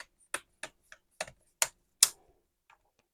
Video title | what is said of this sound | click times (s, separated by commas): Laptop LCD repair | and it's just a case of letting it click into place | 0.3 s, 0.6 s, 1.2 s, 1.6 s, 2.0 s